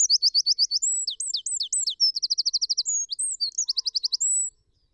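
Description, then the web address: Eurasian wren pouring out a loud, high-pitched song of quick trills alternating with sweeping chirps, ending abruptly after four and a half seconds. "SETE Troglodytes troglodytes"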